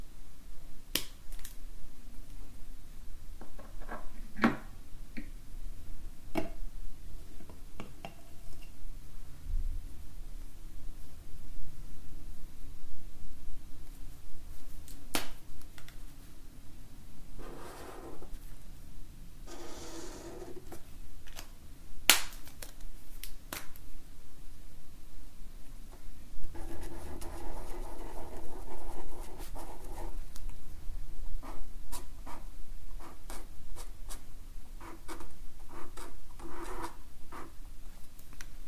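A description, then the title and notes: Markers are drawn across paper in short scratchy strokes with frequent sharp clicks and taps, scattered irregularly throughout. A longer, denser rubbing stroke runs from about 27 to 30 seconds. A low steady hum sits underneath the whole time. Relaxing Drawing With Markers - Drawing, No-Talking, Paper & Pen Sounds. For this episode I took out my set of Zebra Mildliners to doodle with.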